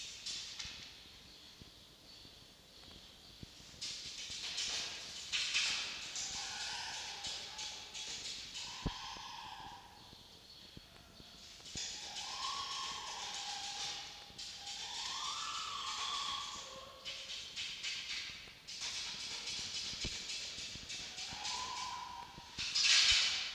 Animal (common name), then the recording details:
Red Fox. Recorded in captivity. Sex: female. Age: juvenile. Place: Zoologisches Institut der HUB, Berlin, DE. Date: 1953-06-23 10:30. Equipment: Elmetra. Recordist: Tembrock, Günter